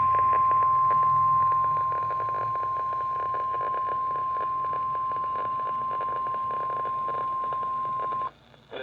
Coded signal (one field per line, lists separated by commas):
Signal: Emergency Alert System (SAME) tones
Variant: 1050 Hz attention tone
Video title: Severe Thunderstorm Warning on KEC-60 (EAS #74)